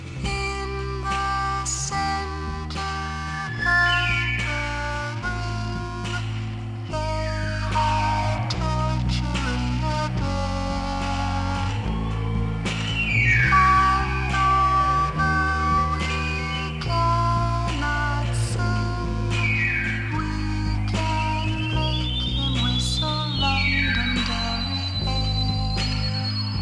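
A sung female voice run through a ring modulator, turned into metallic, bell-like clangs and gliding tones, over a steady, stepping bass line and dense electronic accompaniment.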